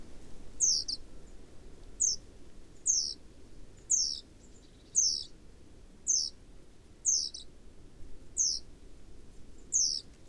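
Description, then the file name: Great tit uttering a series of thin, high downward-sliding notes, nine over ten seconds at roughly one-second intervals. "Parus major"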